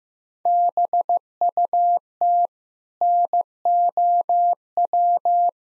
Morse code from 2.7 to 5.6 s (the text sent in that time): NOW